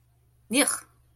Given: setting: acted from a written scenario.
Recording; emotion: vocal sound without words; disgust